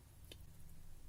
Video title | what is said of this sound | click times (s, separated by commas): Electronics as a hobby from scratch as an old age pensioner of 69. #1. Power & Breadboards | simply locks into place in that rail. | 0.3 s